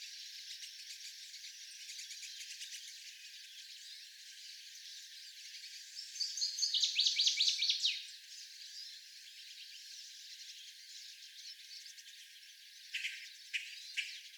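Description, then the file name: Northern waterthrush song: a brief, loud series of quick notes near the middle over steady background noise, with a few sharp sounds later. Seventeen songs. "Northern Waterthrush 17 Songs"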